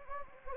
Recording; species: mosquito wingbeat signal from an infrared sensor; Anopheles gambiae